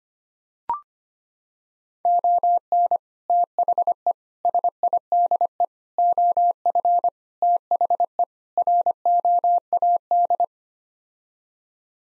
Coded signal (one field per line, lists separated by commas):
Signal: Morse code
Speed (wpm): 25 wpm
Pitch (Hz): 700 Hz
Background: none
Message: ON THE SIDE OF THE ROAD